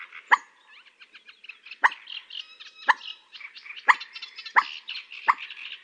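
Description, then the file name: Common moorhen giving sharp, explosive notes about once a second, with busy, rattling chatter filling the gaps. "Gallinella dacqua"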